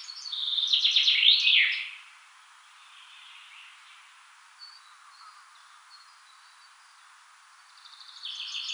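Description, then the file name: Common chaffinch giving a loud descending trilled phrase with a flourish, then a long quiet stretch before the next phrase begins at the end. "Fringilla coelebs"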